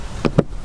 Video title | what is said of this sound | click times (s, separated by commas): A Look Around The Cupboards Of Our Fulltime Motorhome vlog #211 | there's a bit here that clips into a little holder at the top that comes up and locks into place in there so that it doesn't fall down | 0.2 s, 0.4 s